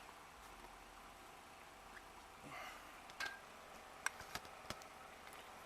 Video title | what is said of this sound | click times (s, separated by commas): 2009 Honda Shadow Aero 750 valve lifter adjustments (Part 8 of the lifter adjustment series.) | this just snaps back in like so | 4.1 s